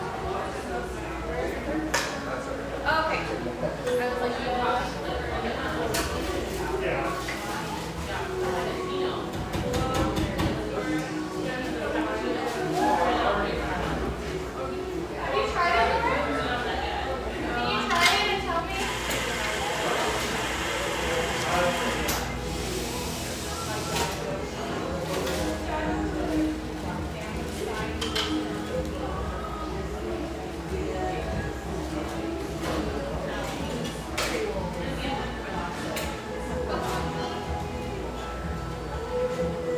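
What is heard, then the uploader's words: A busy cafe, with many voices talking at once in a constant, dense murmur. Clinks and clatters of dishes and cups break through every few seconds, and a hissing burst, like a steam wand, runs for a few seconds around the middle. Our final Portland recording session (for now) takes place in this industrial-aesthetic cafe in Portland's pictureesque Grant Park neighborhood.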